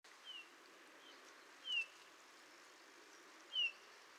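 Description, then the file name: Eurasian bullfinch uttering two gentle downslurred piping notes nearly two seconds apart, after two fainter similar notes, with soft background hiss. "Pyrrhula pyrrhula"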